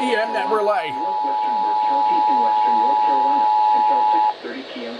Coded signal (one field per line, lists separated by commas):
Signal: Emergency Alert System (SAME) tones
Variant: 853 and 960 Hz attention tone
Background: speech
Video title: Emergency Programming... EAS Alerts from 6/9/19 - 6/10/19 (EAS #2,661 - 2,693)